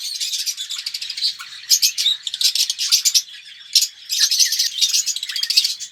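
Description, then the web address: Red-rumped parrot song: high warbling chatter in bursts, with sharp chirps and trilled runs separated by short lulls. "pevcii popugai. parrots psephotus-haematonotus"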